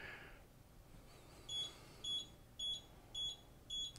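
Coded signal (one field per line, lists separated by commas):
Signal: beep code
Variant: Golden Technologies mobility scooter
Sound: five short high-pitched electronic beeps, evenly spaced about half a second apart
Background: quiet room noise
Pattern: 5 short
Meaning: Five beeps means the brakes are disengaged (freewheel mode)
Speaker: I'm just checking this is uh in Freewheel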